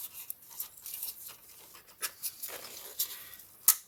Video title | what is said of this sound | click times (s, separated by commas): BMW drivetrain fault fix bmw F10 f11 N57 drivetrain malfunction low power misfire check engine light | And that's the plug for the glow plugs. So that clicked in place and it's | 3.7 s